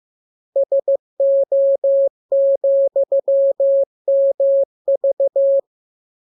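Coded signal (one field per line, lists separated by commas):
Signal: Morse code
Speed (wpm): 15 wpm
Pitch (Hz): 550 Hz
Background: none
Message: SO,MV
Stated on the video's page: Morse lesson 25 with the letters listed. Each radiogram starts with VVV and a section sign and ends with AR.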